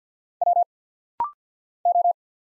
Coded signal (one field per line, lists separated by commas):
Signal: Morse code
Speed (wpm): 49 wpm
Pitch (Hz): 700 Hz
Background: none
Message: W O